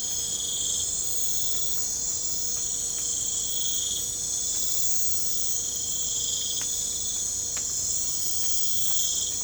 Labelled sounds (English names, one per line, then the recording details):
none
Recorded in pastures near Puerto Asís, Putumayo, Colombia, on 26 December 2024 at 03:30
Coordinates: 0.496, -76.326
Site G004